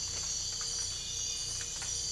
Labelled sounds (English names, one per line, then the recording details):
none
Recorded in dense forest near Puerto Asís, Putumayo, Colombia, on 22 December 2024 at 03:30
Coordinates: 0.484, -76.325
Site G056